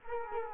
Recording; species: mosquito wingbeat signal from an infrared sensor; Culex quinquefasciatus